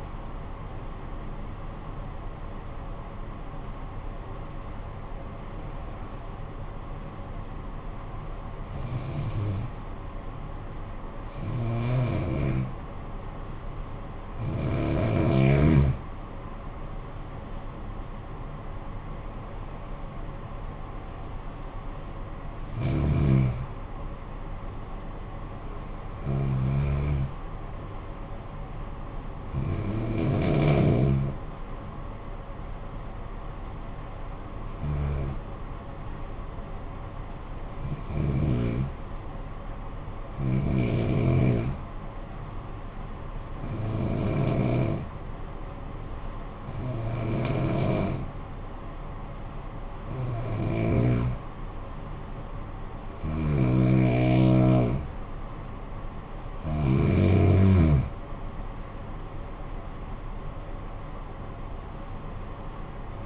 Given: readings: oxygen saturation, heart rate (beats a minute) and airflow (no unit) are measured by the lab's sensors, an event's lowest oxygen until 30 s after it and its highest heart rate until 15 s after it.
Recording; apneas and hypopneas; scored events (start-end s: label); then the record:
breathing in sleep by a smartphone at the bedside; 2
0.00-16.00 s: awake
8.00-19.60 s: hypopnea (scored as awake, oxygen 97% highest, then 92% lowest, heart rate 55 at the start, 59 highest)
11.00-41.00 s: new sleep stage, N1 (lightest sleep)
41.00-57.20 s: hypopnea (N1, oxygen 95% highest, then 90% lowest, heart rate 52 at the start, 76 highest)
41.00-63.25 s: new sleep stage, N2 (light sleep)
From the record:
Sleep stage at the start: awake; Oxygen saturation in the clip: 91 to 97%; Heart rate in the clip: 51 to 94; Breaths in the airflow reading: 18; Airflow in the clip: -13.5 to 11.8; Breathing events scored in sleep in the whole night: 445 in 7.6 hours asleep